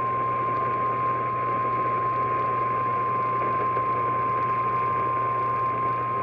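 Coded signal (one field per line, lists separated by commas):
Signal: Emergency Alert System (SAME) tones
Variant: 1050 Hz attention tone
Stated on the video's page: Tropical Storm Warning received over NOAA Weather Radio and an AM broadcast station.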